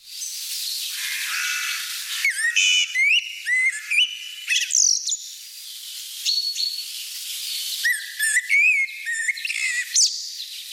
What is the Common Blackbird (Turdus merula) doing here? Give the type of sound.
song